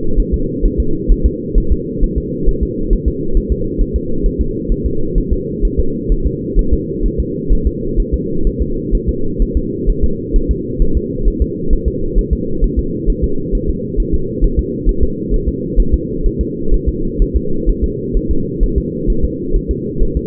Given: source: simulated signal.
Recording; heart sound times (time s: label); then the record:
fetal heart sounds
0.20 s: S1
0.34 s: S2
0.65 s: S1
0.80 s: S2
1.12 s: S1
1.26 s: S2
1.58 s: S1
1.72 s: S2
2.03 s: S1
2.18 s: S2
2.49 s: S1
2.63 s: S2
2.93 s: S1
3.08 s: S2
3.37 s: S1
3.52 s: S2
3.81 s: S1
3.96 s: S2
4.26 s: S1
4.41 s: S2
4.72 s: S1
4.86 s: S2
5.18 s: S1
5.33 s: S2
5.65 s: S1
5.80 s: S2
6.12 s: S1
6.27 s: S2
6.59 s: S1
6.73 s: S2
7.06 s: S1
7.20 s: S2
7.52 s: S1
7.67 s: S2
8.00 s: S1
8.14 s: S2
8.47 s: S1
8.62 s: S2
8.95 s: S1
9.09 s: S2
9.42 s: S1
9.57 s: S2
9.89 s: S1
10.04 s: S2
10.36 s: S1
10.51 s: S2
10.82 s: S1
10.97 s: S2
11.28 s: S1
11.42 s: S2
11.73 s: S1
11.88 s: S2
12.19 s: S1
12.33 s: S2
12.64 s: S1
12.79 s: S2
13.10 s: S1
13.24 s: S2
13.55 s: S1
13.70 s: S2
14.00 s: S1
14.14 s: S2
14.44 s: S1
14.59 s: S2
14.89 s: S1
15.03 s: S2
15.34 s: S1
15.48 s: S2
15.80 s: S1
15.94 s: S2
16.26 s: S1
16.41 s: S2
16.74 s: S1
16.89 s: S2
17.22 s: S1
17.36 s: S2
17.69 s: S1
17.84 s: S2
18.17 s: S1
18.31 s: S2
18.63 s: S1
18.78 s: S2
19.10 s: S1
19.25 s: S2
19.56 s: S1
19.71 s: S2
20.03 s: S1
20.17 s: S2
From the record:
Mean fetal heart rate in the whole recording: 130 bpm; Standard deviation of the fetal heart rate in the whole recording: 4 bpm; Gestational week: 38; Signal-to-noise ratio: -8.1 dB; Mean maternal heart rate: 72 bpm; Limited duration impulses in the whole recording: absent